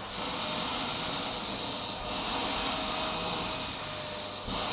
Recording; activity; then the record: daily activity, microphone in the room; vacuum cleaning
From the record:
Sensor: 1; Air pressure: 991.8 hPa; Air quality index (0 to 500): 184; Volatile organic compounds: 1000 ppm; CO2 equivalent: 7039 ppm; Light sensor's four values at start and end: 26/93/36/36 and 27/94/36/36